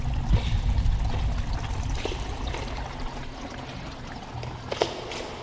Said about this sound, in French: Alors on est au bord d'un petit ruisseau, près d'une petite cascade et sous une aubépine.